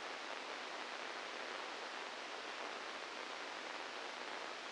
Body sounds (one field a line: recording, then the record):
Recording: brain microelectrode recording played as sound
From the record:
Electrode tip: inside the subthalamic nucleus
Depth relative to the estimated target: 1 mm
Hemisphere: left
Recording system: NeuroSet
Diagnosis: Parkinson's disease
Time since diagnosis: 12 years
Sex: male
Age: 61 years